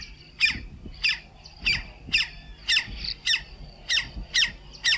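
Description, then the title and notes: Campo flicker giving sharp, harsh squawking notes repeated steadily and insistently, over faint low background rumble. "Museo de Ciencias de Bahía Blanca. Carpintero Campestre (Colaptes campestris)"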